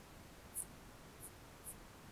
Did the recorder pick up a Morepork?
no